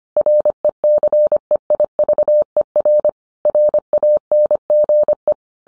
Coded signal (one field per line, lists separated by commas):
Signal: Morse code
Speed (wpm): 25 wpm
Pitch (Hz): 600 Hz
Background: none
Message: RECEIVER RANGE